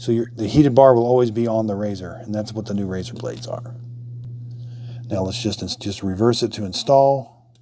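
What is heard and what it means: A man talks while handling a plastic razor blade cartridge, about to refit it onto the handle of a Gillette Labs Heated Razor, Bugatti Limited Edition, by reversing the removal steps. The heated bar stays on the razor. Nothing has seated or clicked yet; the cartridge is not yet snapped onto the handle.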